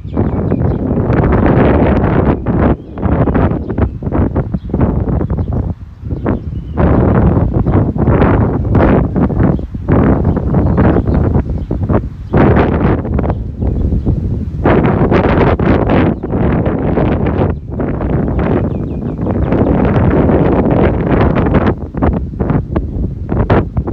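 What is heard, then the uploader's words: A walk in Modiin, Israel, filled with constant low rumbling and buffeting wind across the microphone. Loud, dense gusts come and go every second or two, with brief quieter gaps around the six, nine and seventeen second marks. Faint vehicle rumble sits underneath. Walking In Modiin, Israel.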